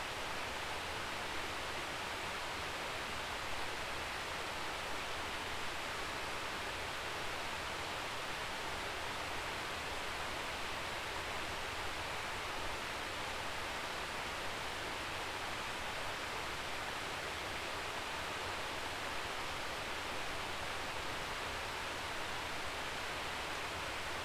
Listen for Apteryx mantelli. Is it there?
no